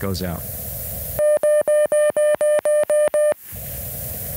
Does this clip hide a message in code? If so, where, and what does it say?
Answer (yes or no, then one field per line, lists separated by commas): no